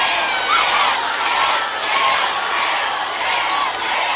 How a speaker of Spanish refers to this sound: son ustedes los que hacen el show, son ustedes los que cantan, los que gritan, saltan y dicen ¡ay, amor, bien fuerte!